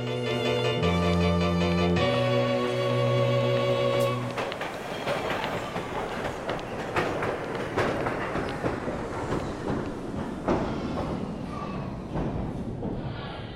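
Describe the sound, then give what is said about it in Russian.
A train at a railway station: a few seconds of steady, layered horn-like tones that shift pitch, then a loud continuous rumble and clatter of rolling rail cars, with no talking. “Вокзал. Саша с сумками.”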